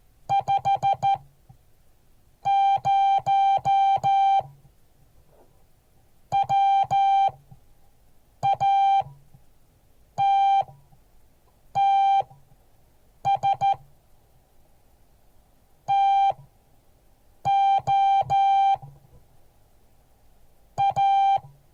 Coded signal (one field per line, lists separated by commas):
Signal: Morse code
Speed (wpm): 13 wpm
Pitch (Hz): 790 Hz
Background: music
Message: 50 WATTS TO A